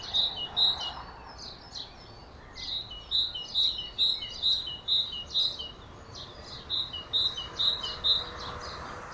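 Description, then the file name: Great tit singing rhythmic two-note phrases in quick succession, in a few runs separated by pauses, with a faint background hiss. "Parus major"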